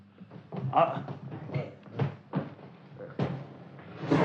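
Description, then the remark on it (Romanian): A door is shut and bolted: a run of dull wooden thuds and metallic clunks and scrapes, a few uneven knocks, with muffled voices murmuring underneath. “Iaca, au zăvorât și ușa după noi.”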